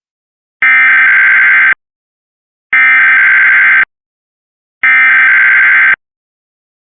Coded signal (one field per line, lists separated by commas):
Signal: Emergency Alert System (SAME) tones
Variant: header bursts